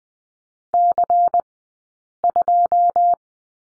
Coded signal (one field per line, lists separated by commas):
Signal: Morse code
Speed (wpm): 20 wpm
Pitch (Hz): 700 Hz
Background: none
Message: C2